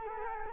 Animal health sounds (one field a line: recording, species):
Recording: mosquito wingbeat signal from an infrared sensor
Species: Culex quinquefasciatus